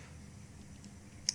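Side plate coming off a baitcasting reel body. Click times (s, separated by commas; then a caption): 0.8 s, 1.3 s. The side plate of a Piscifun Phantom baitcasting reel is released by pressing its release button and twisting the plate, and it pulls off the reel body. Over a quiet, steady low background, a faint click sounds at 0.8 s and a sharp, much louder click at 1.3 s as the plate unlocks and comes free.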